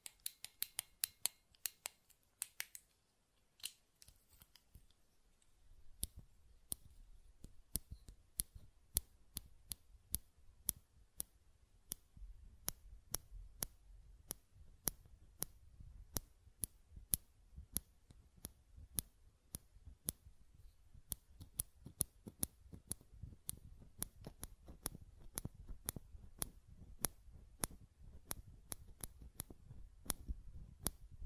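Sharp button clicks and taps come in irregular bursts, sparse early and then dense and rapid after five seconds, over a low rumble.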